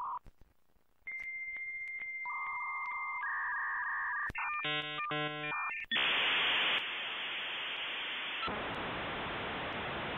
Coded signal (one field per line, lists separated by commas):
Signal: dial-up modem handshake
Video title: Last mile technologies: Dial-up & DSL